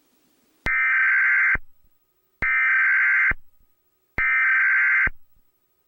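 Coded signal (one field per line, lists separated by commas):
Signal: Emergency Alert System (SAME) tones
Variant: header bursts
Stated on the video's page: Fictional EAS scenario about an alien attack.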